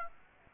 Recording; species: mosquito wingbeat signal from an infrared sensor; Aedes aegypti